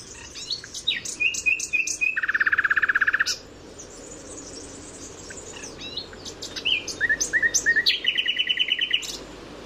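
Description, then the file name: Common nightingale song: quick varied notes, a loud low churring rattle lasting about a second, then series of repeated whistles and a rapid trill. "Luscinia megarhynchos"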